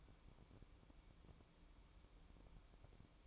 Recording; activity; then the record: daily activity, microphone in the room; take from stove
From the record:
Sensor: 1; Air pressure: 1008.0 hPa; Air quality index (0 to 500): 130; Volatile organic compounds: 2 ppm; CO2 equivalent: 1092 ppm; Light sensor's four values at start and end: 8/18/7/8 and 8/18/7/8